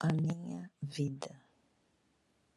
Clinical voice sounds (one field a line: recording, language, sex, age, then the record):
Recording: short text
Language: Brazilian Portuguese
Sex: female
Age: 60 to 69 years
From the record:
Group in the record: control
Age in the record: 61 years